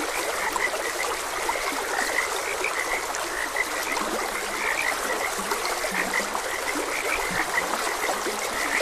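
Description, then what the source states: Chorus of frogs, bright repeated chirps with several low drawn-out croaks, running over a steady background of stream water. Frogs croaking beside a gentle stream.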